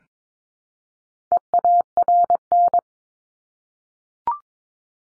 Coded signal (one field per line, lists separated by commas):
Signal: Morse code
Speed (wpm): 22 wpm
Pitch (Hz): 700 Hz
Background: none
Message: EARN